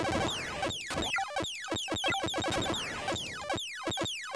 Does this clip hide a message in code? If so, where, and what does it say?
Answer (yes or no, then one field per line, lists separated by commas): no